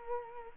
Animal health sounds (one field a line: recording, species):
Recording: mosquito wingbeat signal from an infrared sensor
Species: Culex quinquefasciatus